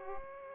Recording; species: mosquito wingbeat signal from an infrared sensor; Aedes aegypti